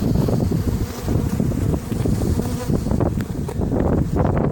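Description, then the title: Honey bees buzzing in a steady, dense low drone of many overlapping wingbeats, with gusty wind rumble underneath throughout. Bees at a hive entrance, Sunday 5 April 2020. "Entrée des abeilles. Dimanche 05 avril 2020"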